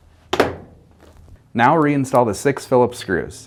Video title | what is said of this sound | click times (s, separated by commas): How to replace Samsung washing machine lid hinge part # DC97-16923A | and rotating down to snap in place | 0.3 s, 0.4 s